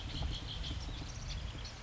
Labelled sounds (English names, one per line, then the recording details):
Red-winged Blackbird
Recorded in Sonoma County, California